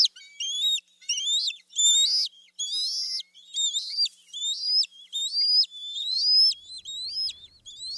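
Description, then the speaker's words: Bald eagle begging calls, shrill high squeals with rising, harmonically rich notes repeated in quick bursts, about one per second. Juvenile eagles begging for food; hungry young eaglets calling to be fed. "We do have some sounds here of eagles, and here are some juveniles begging for food."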